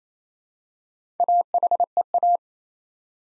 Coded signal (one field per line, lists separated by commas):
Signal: Morse code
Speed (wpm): 27 wpm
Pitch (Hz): 700 Hz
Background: none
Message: AHEA